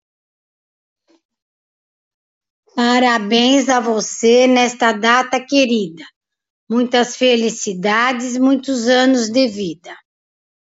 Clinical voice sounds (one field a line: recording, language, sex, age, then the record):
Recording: short text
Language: Brazilian Portuguese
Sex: female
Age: 60 to 69 years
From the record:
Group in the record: control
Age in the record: 64 years